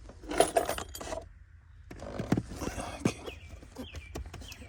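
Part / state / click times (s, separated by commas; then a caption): cabin air filter into dash filter housing / not seated / none. A cabin air filter element is handled and pushed toward its plastic housing in the dash of a 2021 RAM 5500 Cummins truck, making rustling, scraping handling noises with sharp ticks around 0.4–0.8 s and again at 2.3 s. Nothing has seated or snapped in yet.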